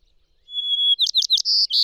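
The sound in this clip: Bird song opening with a long steady high whistle, then a run of quick downslurred chirps and a buzzy note, cut off abruptly.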